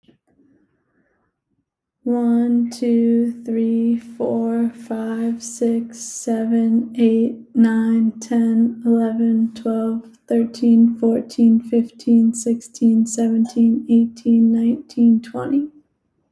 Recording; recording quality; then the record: counting at a normal pace; excellent, no background noise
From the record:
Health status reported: healthy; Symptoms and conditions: none ticked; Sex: female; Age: 29 years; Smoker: not ticked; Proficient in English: yes